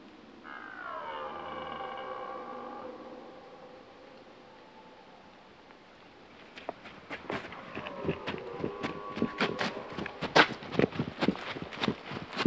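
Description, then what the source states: Red deer roar: one drawn-out harmonic bellow sliding downward, then a pause, followed by rustling and crunching footsteps. Rutting roar (Dutch 'burlen').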